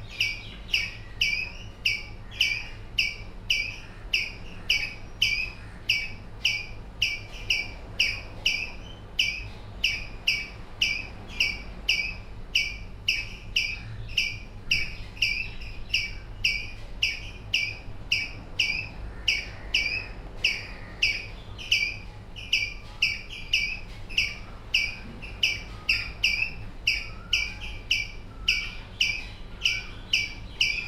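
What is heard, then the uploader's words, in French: Birds call in a fast, steady series of short, bright chirps, repeating roughly twice a second for the whole half minute with hardly a break. Underneath runs a constant low hum, and faint softer calls appear now and then. Oiseaux.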